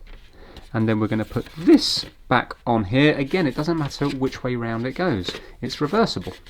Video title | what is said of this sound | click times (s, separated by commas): How to Change the Filter on Dyson HP02 Hot and Cold Air Purifier Fan - Beginners guide | and click it into place. | 0.6 s